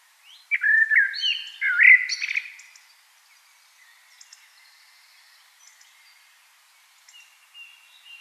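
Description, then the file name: Common blackbird song, a short flutey warble capped by a high squeak, then only faint quiet sounds for the rest. "Turdus merula"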